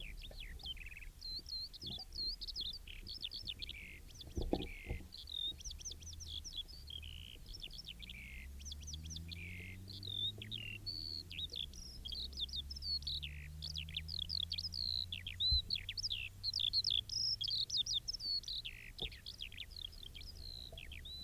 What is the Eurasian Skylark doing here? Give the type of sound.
song